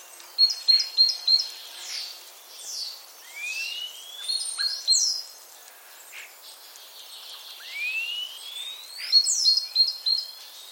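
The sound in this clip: Common starling chattering: a quick series of clicks, two long upward-sweeping whistles several seconds apart, and scattered buzzy, wheezy notes.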